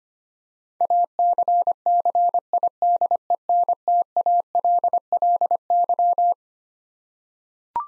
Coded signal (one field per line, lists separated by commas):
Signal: Morse code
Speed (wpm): 25 wpm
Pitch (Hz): 700 Hz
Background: none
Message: ACCIDENTALLY